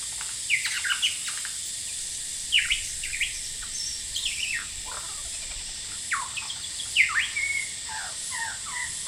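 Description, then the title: Lyrebird song: loud whistled phrases that swoop up and down, separated by brief pauses, against a continuous shrill cicada chorus. Male singing very actively outside a window at Horsfield Bay, New South Wales, on 23 January 2017, with loud cicadas calling; noise reduction applied. "Lyrebird - Horsfield Bay NSW, Jan 23 2017"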